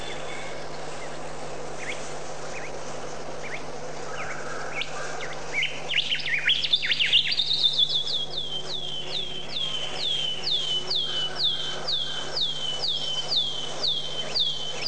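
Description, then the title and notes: Bird calls: a jumbled chatter first, then a clear high note falling in pitch, repeated about twice a second for several seconds. "Bird Sound Effects पक्षी लगता है. lots of different bird sounds"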